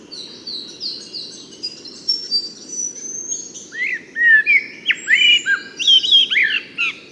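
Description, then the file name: Eurasian blackbird fluting a rich warbled phrase with scratchy high flourishes, after a stretch of thin high chirping, over a low steady hum. "Turdus merula"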